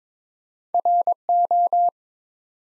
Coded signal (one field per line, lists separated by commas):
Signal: Morse code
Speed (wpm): 23 wpm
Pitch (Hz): 700 Hz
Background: none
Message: RO